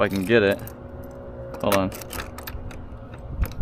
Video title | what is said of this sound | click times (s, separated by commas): Old Town ePDL+ 132 FULL Walkthrough | yeah this whole thing is not going to fit in so this guy is not even going to really snap into place cuz it's barely hanging on by a thread | none